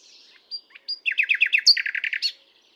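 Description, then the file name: Common nightingale song: a couple of whistled notes, then a rapid series of repeated downward chopped notes and a rich trilled ending. "Luscinia megarhynchos"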